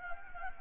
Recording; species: mosquito wingbeat signal from an infrared sensor; Anopheles gambiae